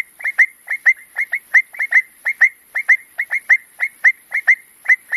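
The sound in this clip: Frog calls: crisp clicks, often in pairs, over a faint steady high hiss.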